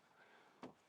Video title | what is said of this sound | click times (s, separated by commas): 4K Dashcam Review Viofo A229 PRO (im Wohnmobil) - HDR-Funktion - Vergleich mit DJI Pocket 3 | Genau, jetzt ist die Kamera eingerastet. | 0.6 s